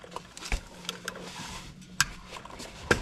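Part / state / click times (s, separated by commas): click-type torque wrench on the oil drain plug of an ATV engine / torque reached / 2.0 s, 2.9 s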